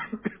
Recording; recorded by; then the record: voluntary cough; telephone call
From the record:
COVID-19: positive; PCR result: checked with the laboratory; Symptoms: yes